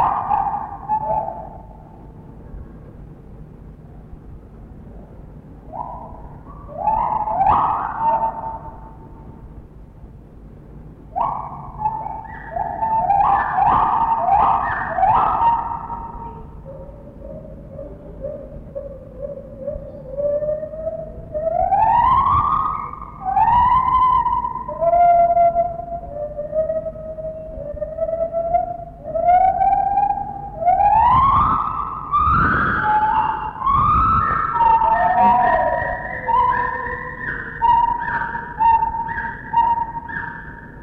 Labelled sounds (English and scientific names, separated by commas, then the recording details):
Lar Gibbon (Hylobates lar)
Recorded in captivity
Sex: pair
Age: adult
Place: Zoo Berlin, Berlin, DE
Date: 1960-10-15 12:00
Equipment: Minifon, Kopie Smaragd
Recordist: Tembrock, Günter